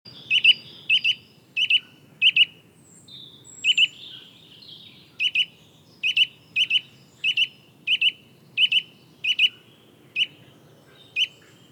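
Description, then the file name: Eurasian nuthatch repeating clear, piping call notes, often doubled, in a steady series with a brief pause midway. "Sitta europaea"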